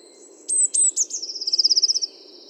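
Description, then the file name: Eurasian blue tit song of three piercing high notes followed by a rapid, evenly spaced trill slightly lower in pitch, over a steady faint hum. "Cyanistes caeruleus 311018"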